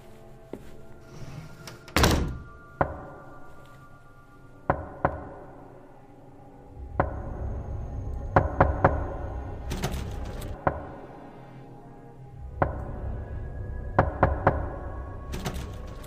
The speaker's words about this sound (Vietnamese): Còn đang say giấc trong cái chăn bông ấm thì ông nghe có tiếng gõ cửa. Đêm hôm ấy tĩnh lặng, tiếng gõ cửa vang lên, nghe nó ghê lắm.